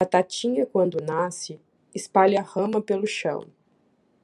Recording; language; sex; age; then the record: short text; Brazilian Portuguese; female; 30 to 39 years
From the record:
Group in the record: control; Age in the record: 34 years